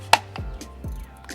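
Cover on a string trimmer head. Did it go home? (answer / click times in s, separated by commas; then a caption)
yes / 0.1 s. A plastic cover is pressed onto the string trimmer head of an Echo PAS-225VP after the two arrows on its front and back are aligned. A sharp click at 0.1 s shows it has seated in place, followed by a few fainter ticks and handling sounds.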